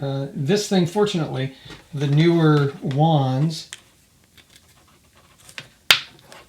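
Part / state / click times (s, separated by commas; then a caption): spray wand into sprayer hose connector / seated / 5.9 s. Someone talks, then a newer-style Ortho garden sprayer wand is pushed into its hose connector on the sprayer, with faint small ticks before a sharp, loud snap at 5.9 s. The wand snaps into place, seats, and works fine.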